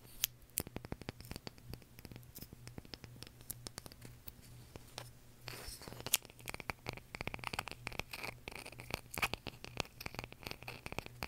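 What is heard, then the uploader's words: Crisp ASMR tapping, sharp clicks coming in quick irregular bursts with short pauses between clusters. Some taps have a scissor-like snip or light scratch to them. A low steady hum runs underneath, and around six seconds a brief hiss brightens the background. ASMR Tapping For Sleep (No Talking).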